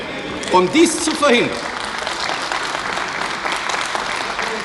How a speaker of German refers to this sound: Warum klatschen Sie so gegen Ihren eigenen Antrag?